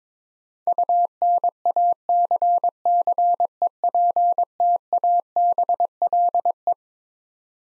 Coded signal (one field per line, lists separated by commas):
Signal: Morse code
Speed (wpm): 22 wpm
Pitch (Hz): 700 Hz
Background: none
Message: UNACCEPTABLE